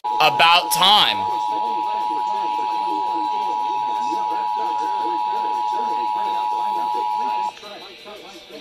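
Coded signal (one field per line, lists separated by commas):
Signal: Emergency Alert System (SAME) tones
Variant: 853 and 960 Hz attention tone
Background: speech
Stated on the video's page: Pennsylvania required monthly tests.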